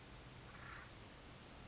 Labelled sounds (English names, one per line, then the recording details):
Acorn Woodpecker
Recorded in Sonoma County, California